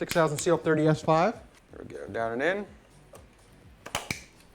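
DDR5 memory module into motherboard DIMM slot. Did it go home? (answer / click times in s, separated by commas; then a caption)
yes / 3.9 s, 4.1 s. Someone talks as a second G.Skill DDR5 6000 CL30 memory stick is pushed down into its DIMM slot on an MSI B650 motherboard. Its plastic latches snap closed with two sharp clicks at about 4.0 and 4.1 seconds, seating the stick.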